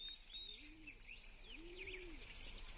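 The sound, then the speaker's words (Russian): Larks singing in spring: quick, bright chirps and warbling trills in a continuous high chorus, with soft, low cooing notes rising and falling beneath it and no voices. “Запели жаворонки.”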